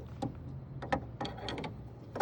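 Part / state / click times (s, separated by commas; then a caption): LED bulb into headlight housing socket / seated / 0.9 s. A replacement Auxito 9005 LED high beam bulb is pushed into the headlight housing socket of a 2016–2020 Honda Civic and turned until it locks. Faint scraping and a few small taps lead to a sharp click at 0.9 s as the bulb seats. A few lighter ticks follow.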